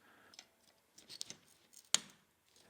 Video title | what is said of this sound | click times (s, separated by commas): Building the Premium Toyota LC70 Land Cruiser BRX01 Boom Racing Truck - Video 2 - RC ADVENTURES | you could hear it snap into place | 1.9 s